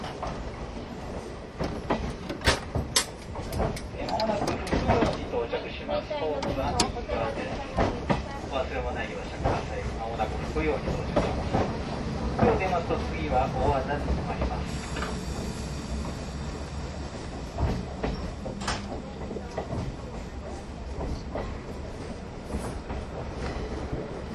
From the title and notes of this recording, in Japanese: 大鐵E10形+旧型客車 大井川本線普通 01/01:金谷～家山。Oigawa Railway's original locomotive is the E10 type, and the passenger cars next to that locomotive can clearly hear the motor noise.This is a train running sound (still image) of an ordinary "passenger train" from yesteryear.往年の普通＂客車列車＂の列車走行音。